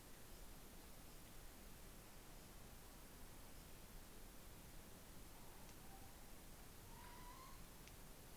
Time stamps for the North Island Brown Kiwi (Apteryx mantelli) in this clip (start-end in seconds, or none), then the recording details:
none. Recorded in New Zealand on 16 November 2013. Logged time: 22:29. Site BS16